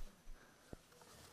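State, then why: Seated. The plastic sliding latch on the cabin filter housing of a 2004–2008 VW Rabbit is pushed to the left over a new filter, going on a little harder than before. After a quiet, faintly rustling stretch, one faint click is heard at 0.7 s as the latch clicks home and seats.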